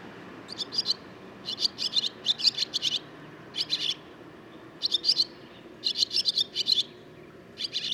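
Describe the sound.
Barn swallow song in repeated short clusters of rapid, grating twitters and chirps, separated by brief pauses, over a low steady background hum.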